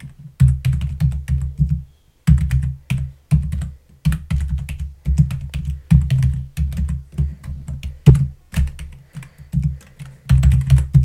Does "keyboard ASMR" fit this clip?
yes